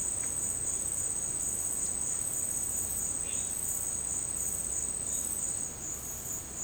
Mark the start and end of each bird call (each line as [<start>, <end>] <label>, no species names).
[3.16, 3.67] bird call